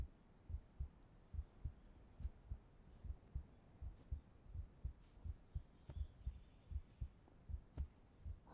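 Soft, muffled lub-dub thumps of an adult heart, heard up close as if held in a hug, repeat in a steady rhythm at about 70 beats a minute, with faint hiss behind them. It is an ordinary, even, calming heartbeat with no extra sounds between beats.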